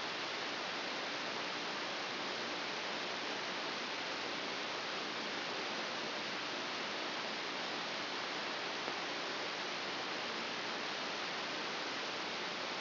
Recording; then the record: brain microelectrode recording played as sound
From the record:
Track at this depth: inside the subthalamic nucleus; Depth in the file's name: 1.636 mm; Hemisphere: left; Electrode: 3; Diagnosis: Parkinson's disease